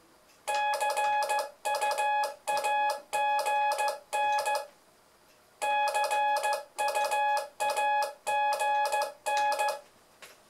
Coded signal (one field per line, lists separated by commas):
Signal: Morse code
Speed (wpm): 15 wpm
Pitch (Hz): 840 Hz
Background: music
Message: CUAGN CUAGN